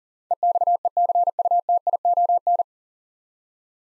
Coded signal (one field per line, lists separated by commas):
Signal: Morse code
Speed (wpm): 40 wpm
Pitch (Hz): 700 Hz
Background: none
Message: EXECUTION